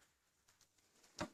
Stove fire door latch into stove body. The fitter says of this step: Вот ее посильнее нажать. Щелк, она защелкнулась.